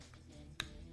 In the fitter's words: And so it's very satisfying click, and that's secure.